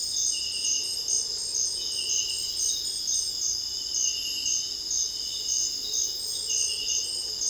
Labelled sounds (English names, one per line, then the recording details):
none
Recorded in dense forest near Puerto Asís, Putumayo, Colombia, on 20 February 2024 at 06:00
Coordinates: 0.481, -76.318
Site G6421